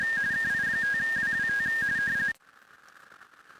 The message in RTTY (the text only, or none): KI5WWT